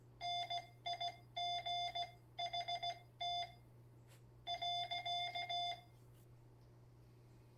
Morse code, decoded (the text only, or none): NIGHT.